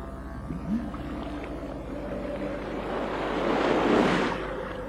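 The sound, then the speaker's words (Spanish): Sea waves break and wash onto a rugged shore of a vast sea, a broad rushing hiss swelling toward the end over a steady low rumble, with faint warbling tones early on and no voices. “¡El mar! Sí, el mar Lidenbrock.”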